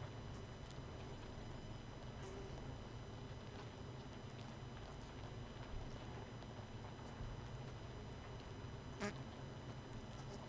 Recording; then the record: honeybee colony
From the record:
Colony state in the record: missing queen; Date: 31 May 2018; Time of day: 19:45